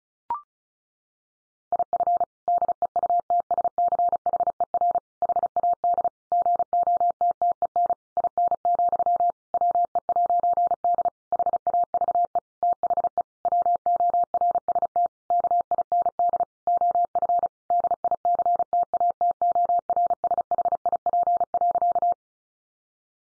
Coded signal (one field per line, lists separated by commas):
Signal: Morse code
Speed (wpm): 34 wpm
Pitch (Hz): 700 Hz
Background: none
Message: IF DEUTSCHER HAD GOTTEN IN, WE'D HAVE THE WORST KIND OF DICTATORSHIP.